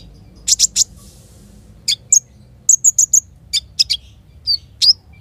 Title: KOLIBRI NINJA KONIN IJOAN GACOR COCOK UNTUK PANCINGAN TERAPI KONIN